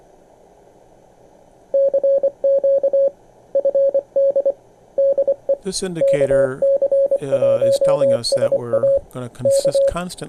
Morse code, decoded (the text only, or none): CQ FD DE KC1SA K